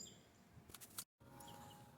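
A plastic cabin air filter housing piece on a 2014 Mustang is fitted into its mount under the cowl, reached by hand through the hood. Faint clicks at 0.8 s and 1.0 s mark it seating, and it is then held in place, over a quiet outdoor background with bird chirps and a brief silent gap.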